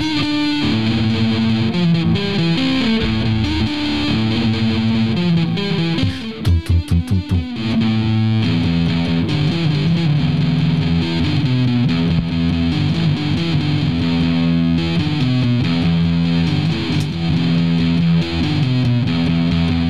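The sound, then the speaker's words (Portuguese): A distorted electric guitar plays a loud, sustained riff with steady chugging rhythm, briefly breaking into a choppy stuttering pattern before resuming the thick, buzzing chords. “Primeira vez que eu tô tocando isso aqui com distorção, cara.”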